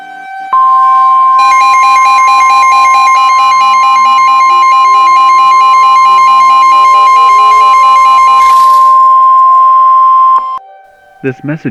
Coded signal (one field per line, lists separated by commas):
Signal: Emergency Alert System (SAME) tones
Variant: 1050 Hz attention tone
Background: speech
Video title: EAS Scenario #7 - GEOSTORM